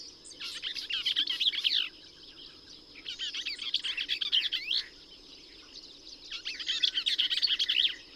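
Bell's vireo song: three fast, chattering, scratchy phrases about a second and a half each, separated by short pauses, with a steady faint hum underneath.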